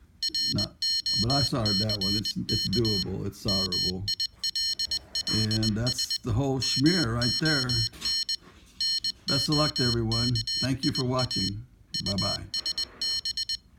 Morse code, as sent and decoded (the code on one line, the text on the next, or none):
.-. --- -.-. -.- / -- .. .-.. .-.. ... / -- --- -. / -. --- -.- .. .- / ..- ... -...
ROCK MILLS MON NOKIA USB